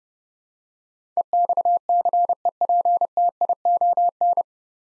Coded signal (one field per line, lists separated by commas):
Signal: Morse code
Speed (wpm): 30 wpm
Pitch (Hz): 700 Hz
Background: none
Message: EXCEPTION